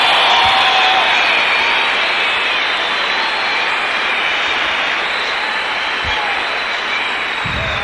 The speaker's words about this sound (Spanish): ¡Un aplauso para ellos!